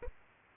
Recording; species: mosquito wingbeat signal from an infrared sensor; Aedes aegypti